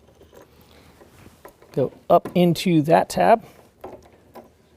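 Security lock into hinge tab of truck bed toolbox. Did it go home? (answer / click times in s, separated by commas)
yes / 3.9 s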